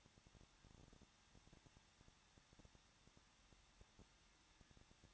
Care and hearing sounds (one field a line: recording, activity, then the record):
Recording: daily activity, microphone in the room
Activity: no activity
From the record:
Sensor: 3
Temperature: 21.2 degrees Celsius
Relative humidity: 36.3%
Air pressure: 1006.3 hPa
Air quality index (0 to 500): 221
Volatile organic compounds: 40 ppm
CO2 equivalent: 3147 ppm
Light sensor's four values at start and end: 2/3/2/2 and 2/3/2/2